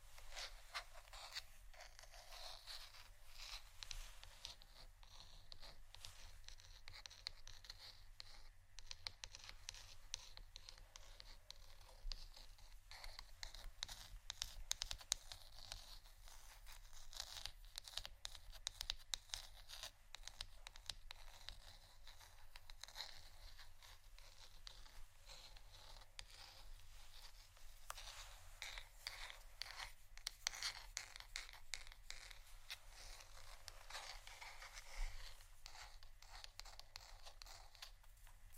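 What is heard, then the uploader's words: Dry scratching and tapping on plastic bottles runs the whole time in quick, dense bursts of bright rasping with crisp clicks. The rhythm stays busy and uneven, rising and easing in short waves, with a faint low hum underneath. ASMR Tapping & Scratching on Plastic Bottles （No Talking）.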